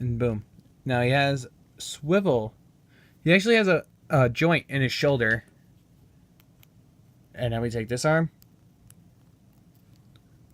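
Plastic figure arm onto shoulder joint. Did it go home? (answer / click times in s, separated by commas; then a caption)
yes / 8.9 s. Someone talks while a second plastic arm is pressed onto an action figure's shoulder joint. The arm seats with a sharp, satisfying click at 8.9 s, followed by a few faint small clicks and handling sounds.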